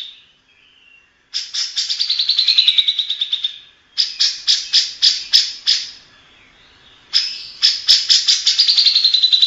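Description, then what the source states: Grey-cheeked bulbul song: fast rattling trills of high notes that fall slightly in pitch, alternating with spaced sharp chips, phrases separated by short pauses; background quiet. Long-duration song intended for training birds to learn it.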